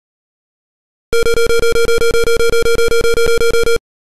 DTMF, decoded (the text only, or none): none